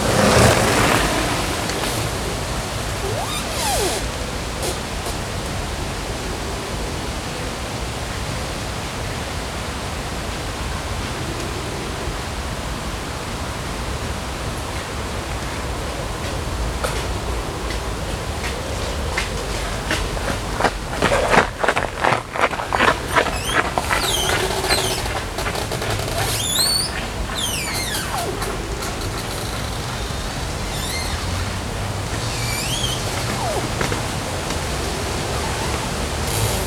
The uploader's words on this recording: Sounds along the river in Odense, Denmark. Sit on a bench as tree branches are squeaking in the wind and recreational runners are passing by.